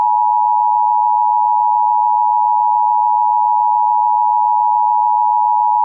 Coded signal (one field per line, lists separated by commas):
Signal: Emergency Alert System (SAME) tones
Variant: 853 and 960 Hz attention tone